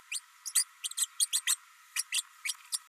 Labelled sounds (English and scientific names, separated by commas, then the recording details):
Green-rumped Parrotlet (Forpus passerinus) babbling
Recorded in a nest box in Venezuela
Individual 18B104A3